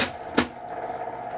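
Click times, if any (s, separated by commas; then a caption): 0.4 s. A drum and toner assembly is pushed back into the plastic bay of a Brother HL5470dw laser printer, with a brief scraping rush at the start and a steady low hum throughout. A single sharp click comes at 0.4 s, and that click shows the assembly is seated correctly in the printer.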